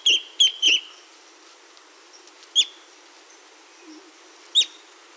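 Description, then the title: Ferruginous antbird calls: a quick run of three wavering high notes, then single sharp notes spaced about two seconds apart. "LuckyPassaro Completos2Sama. Ferruginous Antbird (Drymophila ferruginea)"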